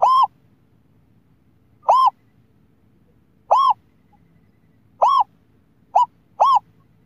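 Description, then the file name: Scops owl hoots: arched notes at one steady pitch, repeated every second or two, the last few closer together, with quiet between. "tieng cu meo"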